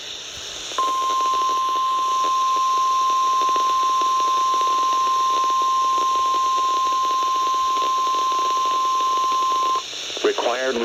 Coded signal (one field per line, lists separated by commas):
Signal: Emergency Alert System (SAME) tones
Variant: 1050 Hz attention tone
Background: speech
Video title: Required Weekly Test | EAS #141